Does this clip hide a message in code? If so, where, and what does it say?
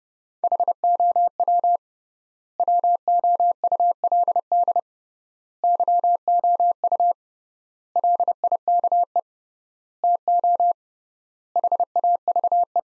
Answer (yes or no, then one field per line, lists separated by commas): yes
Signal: Morse code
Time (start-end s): 0.4-12.8 s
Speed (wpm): 32 wpm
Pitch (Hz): 700 Hz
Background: none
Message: HOW WOULD YOU LIKE TO HAVE